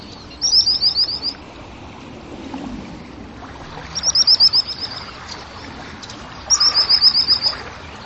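Bird producing three rapid, high, chattering trills of rolled notes, each about a second long and separated by pauses of a few seconds.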